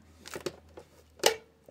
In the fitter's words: did you hear that click on both sides two clicks right and